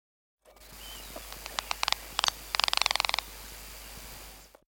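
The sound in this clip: Flappet lark wing-clapping: scattered dry snapping pulses that quicken into a short, rapid rattling burst, then stop, over a steady background hiss.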